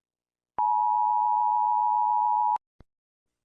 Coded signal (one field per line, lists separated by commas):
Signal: Emergency Alert System (SAME) tones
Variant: 853 and 960 Hz attention tone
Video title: EAS Scenario:SCP-001